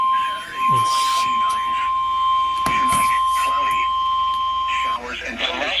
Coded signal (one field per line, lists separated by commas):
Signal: Emergency Alert System (SAME) tones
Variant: 1050 Hz attention tone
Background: speech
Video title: SEVERE WEATHER INSANITY - EAS Alerts from 7/29/2023 (EAS #295-#316)